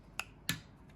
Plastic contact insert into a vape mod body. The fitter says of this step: and start to cover that top contact and we should hear a click when it's in place